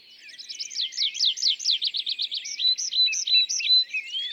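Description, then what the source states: Tree pipit song: rapid repeated downslurred notes building in strength, followed by a few slower, spaced, clear whistled phrases ending on a thin rising note. Song from an isolated tree at a meadow's foot, La Sarcena, Val Drôme, France, 27 April 2020, Nagra Seven/MKH40; arrived from migration days earlier; sings perched, sometimes in parachute-like display flight.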